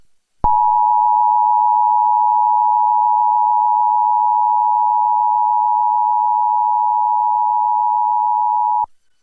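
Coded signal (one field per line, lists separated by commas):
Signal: Emergency Alert System (SAME) tones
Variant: 853 and 960 Hz attention tone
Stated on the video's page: Mock recreation of an Emergency Action Notification, read by NeoSpeech Paul text-to-speech.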